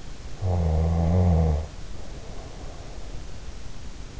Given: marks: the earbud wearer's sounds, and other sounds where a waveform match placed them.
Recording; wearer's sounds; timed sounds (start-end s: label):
sounds in sleep by an in-ear microphone; snoring breath
0.32-3.10 s: snoring breath